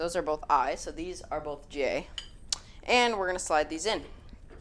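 Someone talks while handling lettered plastic/metal support poles, sliding one toward its socket on a large Home Depot Ferry of the Dead Halloween prop, with light clinking handling sounds and a small tap near 4.3 s. Nothing has clicked or seated into the socket yet.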